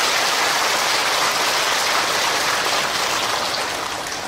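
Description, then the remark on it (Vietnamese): A dense, steady round of clapping from an audience at a Buddhist dharma talk, a hiss-like wash of many hands that holds evenly and then eases off slightly toward the end, with no voices. “Cho nên một lần nữa lại phải cho một tràng mưa hoa nữa.”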